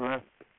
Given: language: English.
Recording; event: throat vibration sensor signal played as sound; speech